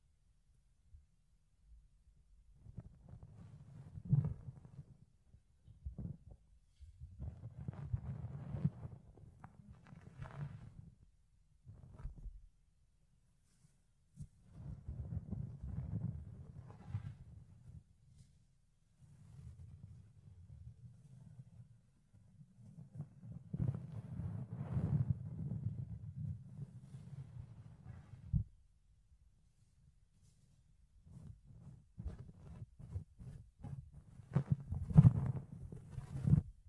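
Fluffy ear cleaning and picking: soft, muffled rubbing and scratching come in bursts lasting a few seconds, mostly low and dull, with occasional crisp clicks and crackles on top. Brief silent pauses fall around 13 and 29 seconds, and the final stretch turns louder and sharper.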